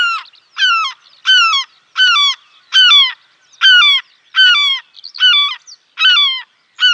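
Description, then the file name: European herring gull giving loud, harsh descending yelping calls in a steady series, roughly ten notes in seven seconds with brief pauses between. "mewasrebrzysta"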